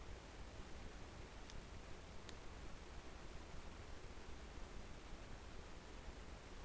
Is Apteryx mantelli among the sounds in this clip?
no